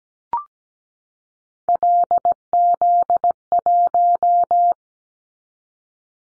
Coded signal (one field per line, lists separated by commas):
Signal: Morse code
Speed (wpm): 17 wpm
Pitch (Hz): 700 Hz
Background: none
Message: LZ1